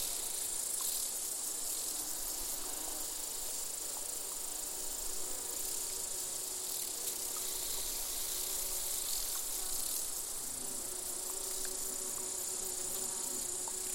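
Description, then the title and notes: Insect chorus (bees, grasshoppers and crickets): an even, high shimmering drone with occasional faint buzzing notes, steady from start to finish. Gentle summer soundscape of bees, grasshoppers and crickets recorded in an open meadow near the Col de Châtillon, 1680 metres above sea level. "featuring bees, grasshoppers and crickets, was recorded in an open meadow near the Col de Châtillon"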